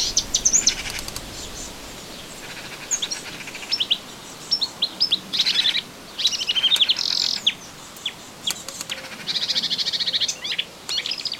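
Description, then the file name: Melodious warbler song in quick chattering bursts of high, varied twittering notes, broken by short pauses, over a soft steady hiss. Recorded in a garden on 25 June 2017. "Orpheusspötter 2017 06 25 Garten"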